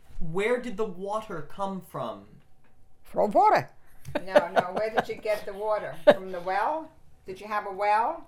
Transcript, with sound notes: Where did the water come from?
From water. [Laughs]
No, where did you get the water? From the well? Did you have a well?